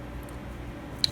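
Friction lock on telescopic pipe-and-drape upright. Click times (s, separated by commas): 1.0 s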